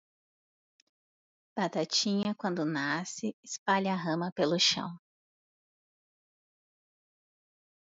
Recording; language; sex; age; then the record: short text; Brazilian Portuguese; female; 30 to 39 years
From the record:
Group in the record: control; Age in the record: 38 years